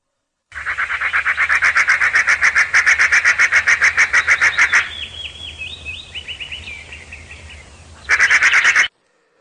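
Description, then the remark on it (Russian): Magpies by a small house in a forest give a loud, harsh, rapid rattling chatter for several seconds. It drops to softer, squeaky calls, then a short burst of rattling returns at the end. “Зимою и летом возле нашего карачаровского домика в лесу живут сороки.”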